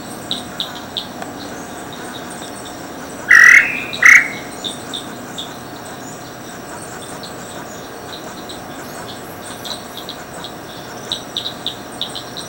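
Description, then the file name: Tataupa tinamou calling two strong whistled notes less than a second apart, with a background of continuous shrill insect chirps. Recorded at Picinguaba, Ubatuba, São Paulo state, Brazil, on 15 November 1991. "Crypturellus-tataupa-Picinguaba-Ubatuba SP-Brazil 15-11-91-ASilveira"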